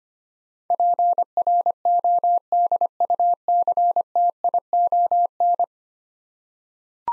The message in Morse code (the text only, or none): PRODUCTION